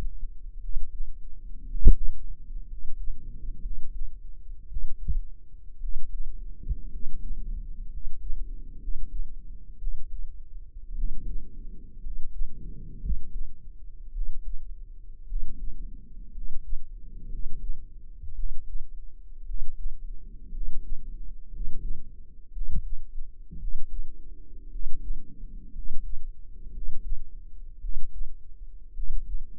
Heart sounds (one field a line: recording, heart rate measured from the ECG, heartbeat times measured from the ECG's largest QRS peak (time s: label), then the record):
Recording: heart sounds by microphone in the right ear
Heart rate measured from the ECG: 57 bpm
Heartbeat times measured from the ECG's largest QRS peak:
0.57 s: heartbeat
1.63 s: heartbeat
2.65 s: heartbeat
3.58 s: heartbeat
4.65 s: heartbeat
5.77 s: heartbeat
6.87 s: heartbeat
7.87 s: heartbeat
8.76 s: heartbeat
9.75 s: heartbeat
10.92 s: heartbeat
11.98 s: heartbeat
12.97 s: heartbeat
14.09 s: heartbeat
15.24 s: heartbeat
16.30 s: heartbeat
17.26 s: heartbeat
18.32 s: heartbeat
19.43 s: heartbeat
20.49 s: heartbeat
21.48 s: heartbeat
22.49 s: heartbeat
23.56 s: heartbeat
24.67 s: heartbeat
25.70 s: heartbeat
26.69 s: heartbeat
27.78 s: heartbeat
28.91 s: heartbeat
From the record:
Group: healthy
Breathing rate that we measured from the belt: 13 breaths a minute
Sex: male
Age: 23 years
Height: 178 cm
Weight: 96.6 kg